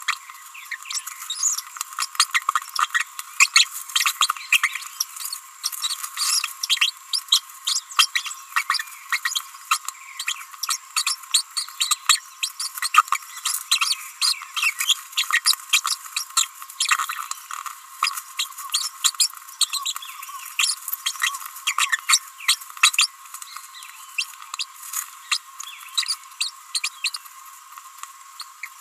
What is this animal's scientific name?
Forpus passerinus